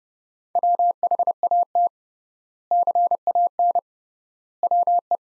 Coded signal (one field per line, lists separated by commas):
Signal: Morse code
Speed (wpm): 30 wpm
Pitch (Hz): 700 Hz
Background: none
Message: WHAT CAN WE